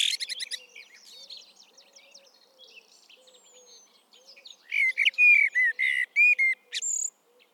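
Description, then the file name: Common blackbird singing clear, slurred whistles that rise into high, thin squeaks near the end. A faint, low repeated note runs underneath. "Turdus merula"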